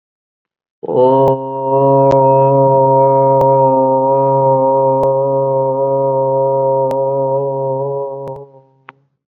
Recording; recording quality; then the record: sustained vowel as in boot; excellent, no background noise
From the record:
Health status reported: COVID-19 positive, moderate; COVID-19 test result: positive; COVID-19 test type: RT-PCR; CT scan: not taken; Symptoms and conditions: cough, sore throat, fatigue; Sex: male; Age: 31 years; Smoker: no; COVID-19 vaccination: both doses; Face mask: not worn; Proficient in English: yes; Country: India